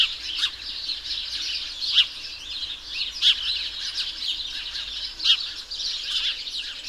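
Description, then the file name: House sparrow chirping: steady, overlapping chirps from several birds, with sharper individual notes popping out every second or two. "Passer domesticus"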